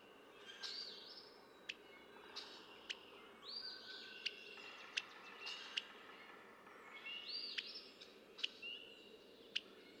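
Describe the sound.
Red-winged blackbird song: high whistles, buzzy notes and sharp chip notes over constant background hiss.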